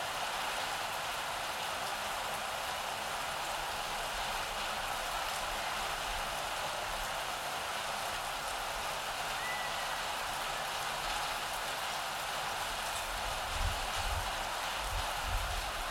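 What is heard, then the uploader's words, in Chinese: Steady, heavy rain pours throughout, a dense, even hiss that stays at the same level from start to finish. Near the end, from about 13 seconds, soft low rumbles swell briefly beneath the downpour, like distant thunder. 雷雨声。夏季的雨。在下雨天的时候录下来。下雨的声音。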